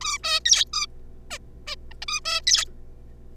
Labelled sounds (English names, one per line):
Zebra Finch